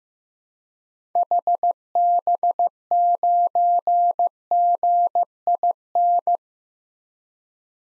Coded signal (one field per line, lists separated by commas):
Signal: Morse code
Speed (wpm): 15 wpm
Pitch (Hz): 700 Hz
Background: none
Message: HB9GIN